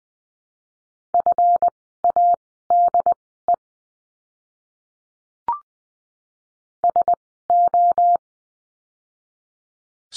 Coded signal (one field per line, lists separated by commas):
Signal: Morse code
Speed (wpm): 20 wpm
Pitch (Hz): 700 Hz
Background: none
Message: FADE SO